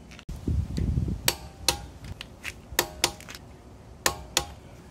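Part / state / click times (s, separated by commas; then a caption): torque wrench on car wheel lug nuts / torque reached / 1.3 s, 1.7 s, 2.8 s, 3.0 s, 4.1 s, 4.4 s. A click-type torque wrench set to 129 tightens the lug nuts on a Tesla Model 3 rear wheel, after failing to click at lower settings. Low rustling and ratcheting give way to loud, sharp clicks at 1.3, 1.7, 2.8, 3.0, 4.1 and 4.4 seconds as the wrench reaches its setting. The wheel is confirmed tightened.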